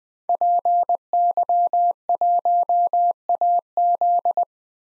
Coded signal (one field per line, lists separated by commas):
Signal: Morse code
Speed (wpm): 20 wpm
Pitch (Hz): 700 Hz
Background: none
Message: PY1AZ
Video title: DXCC-100 Call Signs - 5 Character 20wpm